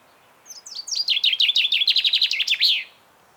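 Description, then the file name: Common chaffinch song: a bright, accelerating series of descending notes ending in a sharp flourish, with a quiet background. "Fringilla coelebs"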